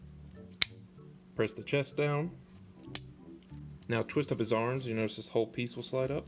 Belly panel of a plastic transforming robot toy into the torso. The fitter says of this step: and push up his belly until it clicks press